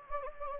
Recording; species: mosquito wingbeat signal from an infrared sensor; Anopheles gambiae